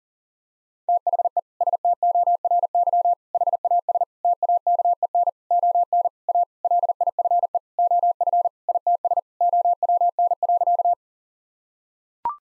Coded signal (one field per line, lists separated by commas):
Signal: Morse code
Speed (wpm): 37 wpm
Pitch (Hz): 700 Hz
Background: none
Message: THE STORY HAS TAKEN ON A LIFE OF ITS OWN.